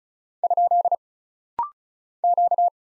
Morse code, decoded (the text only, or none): ? Q